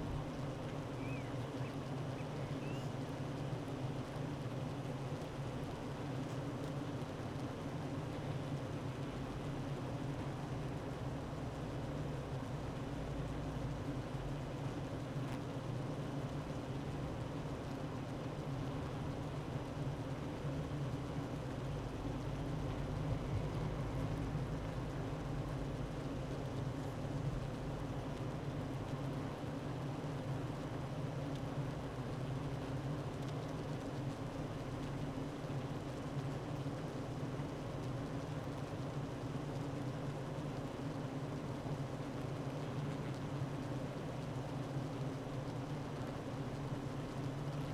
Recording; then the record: honeybee colony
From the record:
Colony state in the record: active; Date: 12 June 2018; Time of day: 9:16